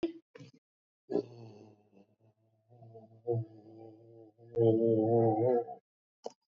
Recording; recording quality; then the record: sustained vowel as in made; moderate, slight background noise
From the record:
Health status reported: recovered from COVID-19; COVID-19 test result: negative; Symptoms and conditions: cough, cold, fever, diabetes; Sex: male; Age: 72 years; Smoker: not ticked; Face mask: not worn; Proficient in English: yes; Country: India